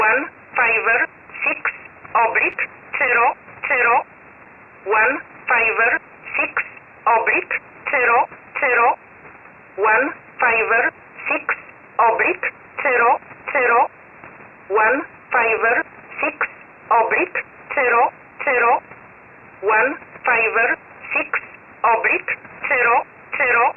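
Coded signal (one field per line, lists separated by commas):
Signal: numbers station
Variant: E11 Oblique, English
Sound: voice repeatedly reading a call word and digits, like 'six, Oblique, zero zero one five'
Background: radio static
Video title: 01 06 2021 Number station E11 Oblique in English to Eu 0845 on 12153 unknown tx site in USB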